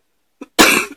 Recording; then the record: coughing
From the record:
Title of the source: 64 coughing, allergies, singing lungs